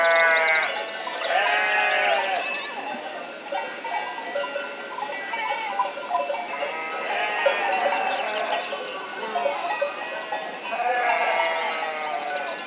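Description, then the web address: Sheep bleating, several harmonic, wavering bleats that overlap in bursts around the start, middle and end, with a soft steady background hiss. Sheep in an enclosure. "moutons enclosure"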